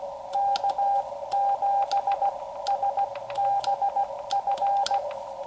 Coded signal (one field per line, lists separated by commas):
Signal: Morse code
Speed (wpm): 17 wpm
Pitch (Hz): 800 Hz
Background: none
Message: K7SBF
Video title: Is the Xiegu X6100 Good for CW?